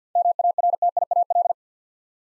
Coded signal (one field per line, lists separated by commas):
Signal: Morse code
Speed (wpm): 50 wpm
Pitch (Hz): 700 Hz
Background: none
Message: MARTIAL